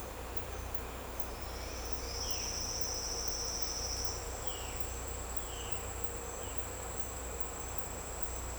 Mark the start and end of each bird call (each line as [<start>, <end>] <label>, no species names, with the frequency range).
[2.22, 2.55] bird call (2.1-3.8 kHz)
[4.41, 4.76] bird call (2.3-3.8 kHz)
[5.39, 5.75] bird call (2.2-4.2 kHz)
[6.39, 6.57] bird call (2.5-3.9 kHz)